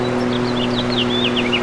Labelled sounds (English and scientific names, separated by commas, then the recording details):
House Finch (Haemorhous mexicanus) song
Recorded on Long Island, New York, on 8 May 2012
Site VS
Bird A